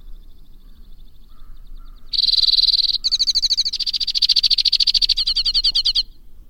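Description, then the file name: White-winged crossbill song: soft introductory notes, then a loud rapid trill that turns into a long, slightly slower pulsed rattle. "suara kicauan burung white winged crossbill. omkicau"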